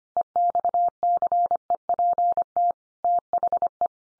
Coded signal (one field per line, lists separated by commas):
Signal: Morse code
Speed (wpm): 25 wpm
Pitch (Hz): 700 Hz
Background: none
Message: EXCEPT THE